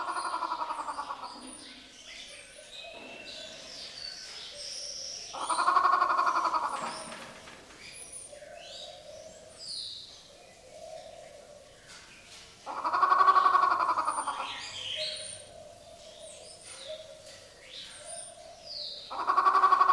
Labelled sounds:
White-rumped Shama (Copsychus malabaricus)

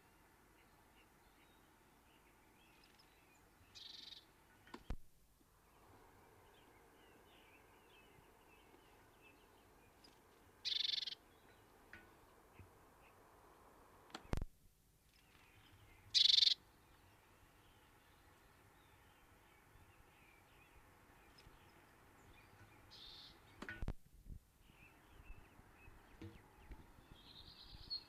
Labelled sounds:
Great Tit (Parus major)

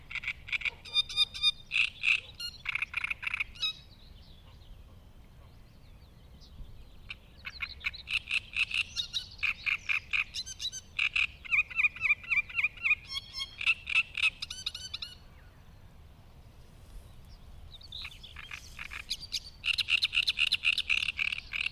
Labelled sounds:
Great Reed Warbler (Acrocephalus arundinaceus) song

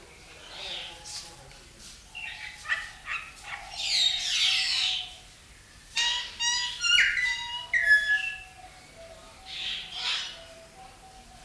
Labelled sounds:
Golden Myna (Mino anais)

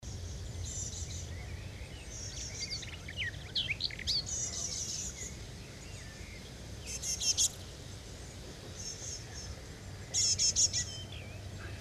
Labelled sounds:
Great Tit (Parus major) begging call

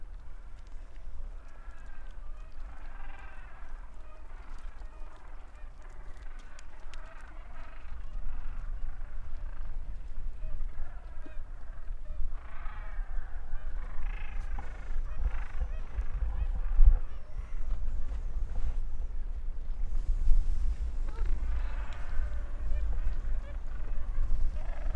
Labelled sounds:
Gentoo Penguin (Pygoscelis papua) call

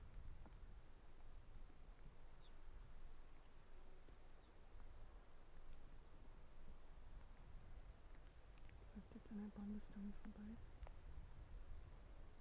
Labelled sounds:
Arctic Fox (Vulpes lagopus)

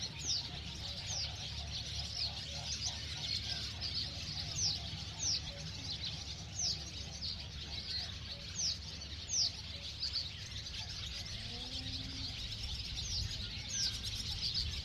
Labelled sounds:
Barn Swallow (Hirundo rustica) call

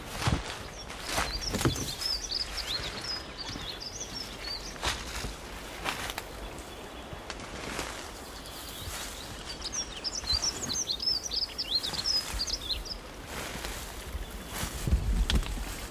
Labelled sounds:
Dunnock (Prunella modularis) song

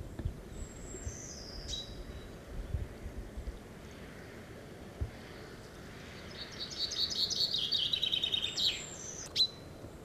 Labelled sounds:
Eurasian Blue Tit (Cyanistes caeruleus) song

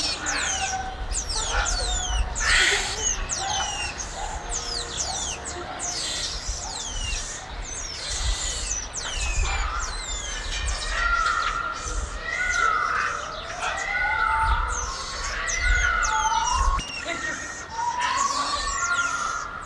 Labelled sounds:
Cottontop Tamarin (Saguinus oedipus) call

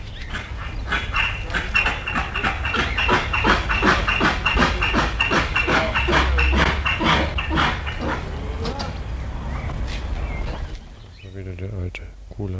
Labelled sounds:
Père David's Deer (Elaphurus davidianus)

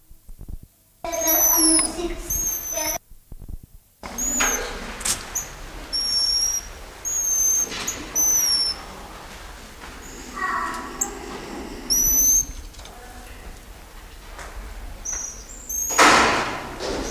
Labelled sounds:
Goeldi's Marmoset (Callimico goeldii)

